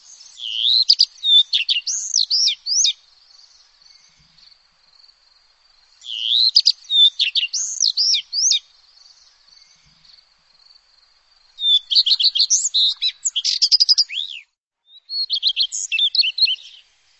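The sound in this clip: Bird song in high, rapid phrases of looping whistled notes, four bursts about every three to six seconds, with a faint steady high hum between them.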